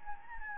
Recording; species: mosquito wingbeat signal from an infrared sensor; Anopheles gambiae